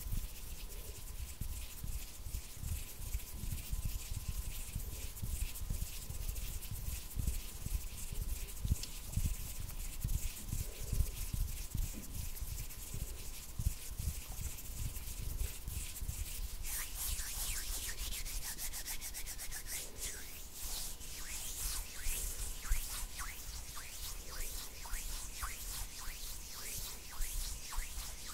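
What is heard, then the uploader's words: Dry hand sounds of rubbing and scraping run for the whole recording, dense and busy with quick crackly strokes. For the first half the friction sits lower and thuddier; after about 17 seconds it turns brighter and hissier, like skin sliding over a rough surface. INTENSE HAND SOUNDS ASMR NO TALKING.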